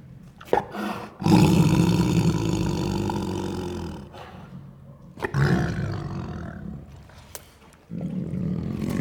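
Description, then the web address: Tiger lets out a long, deep, throaty roar, then a second roar and a low rumble. "bruitage Animaux Tigre"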